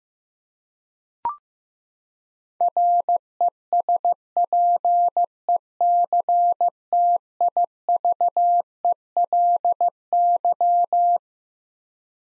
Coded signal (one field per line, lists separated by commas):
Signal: Morse code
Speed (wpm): 15 wpm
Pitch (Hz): 700 Hz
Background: none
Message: RESPECTIVELY